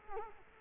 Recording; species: mosquito wingbeat signal from an infrared sensor; Culex quinquefasciatus